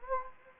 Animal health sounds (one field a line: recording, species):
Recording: mosquito wingbeat signal from an infrared sensor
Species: Anopheles gambiae